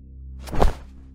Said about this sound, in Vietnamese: Tiếng khóa cửa bên ngoài làm cho cô thấy gai người.